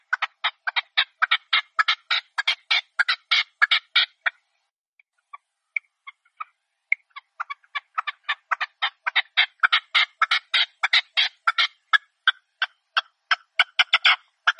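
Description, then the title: Red-legged partridge calling in fast, harsh chuffing bursts, a brief pause with scattered soft notes midway, then the rapid grating series resumes strongly. Partridge call used as a hunting lure (reclamo). "Canto de Perdiz. Reclamo de Perdiz"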